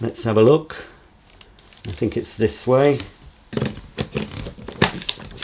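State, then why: Seated. Someone talks while lining up the end of a vacuum hose and its electrical connectors with the socket on the body of a Karcher TSC 555 cylinder vacuum cleaner, followed by scraping and tapping as it is pushed in. A sharp click at 5.1 s marks the hose locking into place.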